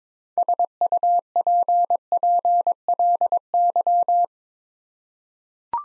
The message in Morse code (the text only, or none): SUPPLY